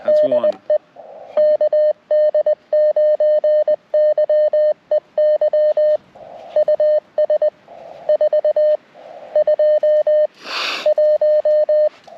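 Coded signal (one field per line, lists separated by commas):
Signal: Morse code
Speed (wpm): 19 wpm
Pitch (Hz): 590 Hz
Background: radio noise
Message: DE KD9YEY US 421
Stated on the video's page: First CW CQ on a Parks on the Air activation.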